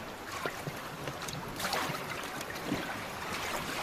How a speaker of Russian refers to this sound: Ребята сталкивают лодку в воду, запрыгивают в нее. … берется за весла и пытается выровнять лодку.